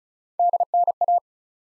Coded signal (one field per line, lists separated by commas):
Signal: Morse code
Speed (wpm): 36 wpm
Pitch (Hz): 700 Hz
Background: none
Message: DNA